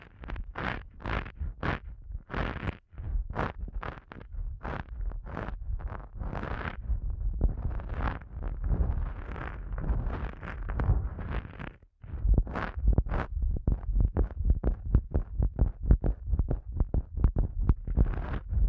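Eardrum massage sounds: rapid, rhythmic rubbing strokes against the microphone, each a soft whooshing burst with a heavy low thump. The strokes come a few per second, blur into a smoother rustle around the middle, stop briefly near twelve seconds, then resume quickly.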